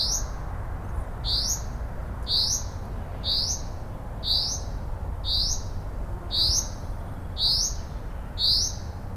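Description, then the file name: Common chaffinch calling: a sharp, upslurred single note repeated at an even pace of roughly one per second, with low background hum throughout. "Fringilla coelebs"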